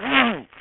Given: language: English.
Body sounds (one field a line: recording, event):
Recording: throat vibration sensor signal played as sound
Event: throat clearing